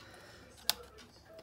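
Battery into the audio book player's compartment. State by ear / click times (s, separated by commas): seated / 0.7 s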